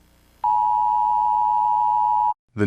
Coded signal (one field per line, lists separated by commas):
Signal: Emergency Alert System (SAME) tones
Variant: 853 and 960 Hz attention tone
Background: speech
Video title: SMILE - eas scenario @Crewwfoxx @uhhhhbackupacc